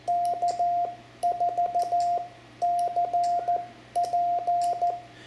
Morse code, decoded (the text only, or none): K4CP